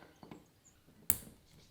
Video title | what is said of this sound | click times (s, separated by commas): OFF GRID Solar Install for my Tiny Home - Van Conversion | so you hear the click | 1.1 s